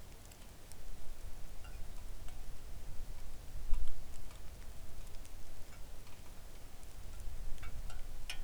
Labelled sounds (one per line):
rain